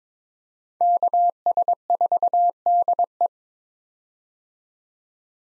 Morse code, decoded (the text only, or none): KS4DE